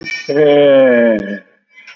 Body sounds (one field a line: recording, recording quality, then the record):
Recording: sustained vowel as in made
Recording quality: excellent, no background noise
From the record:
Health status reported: COVID-19 positive, moderate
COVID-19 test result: positive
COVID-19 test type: RT-PCR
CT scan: taken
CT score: 11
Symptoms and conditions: cough, cold, breathing difficulty, sore throat, loss of smell and taste, diarrhoea, hypertension, diabetes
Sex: male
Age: 77 years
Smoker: no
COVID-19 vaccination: both doses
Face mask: worn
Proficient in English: yes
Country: India